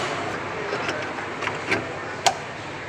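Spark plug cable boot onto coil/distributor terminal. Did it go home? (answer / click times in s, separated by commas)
no / none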